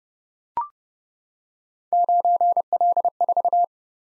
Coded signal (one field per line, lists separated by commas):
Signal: Morse code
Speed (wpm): 30 wpm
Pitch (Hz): 700 Hz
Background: none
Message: 9L4